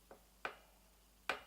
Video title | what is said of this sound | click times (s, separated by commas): How To Install A BMX Headset | until I kind of hear it click a little bit. That's kind of like | 0.4 s, 1.3 s